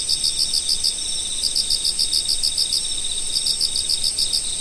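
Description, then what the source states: Insects calling in a chorus: a constant high-pitched trill with rhythmic clusters of rapid sharp chirps, above soft background noise. Autumn insects.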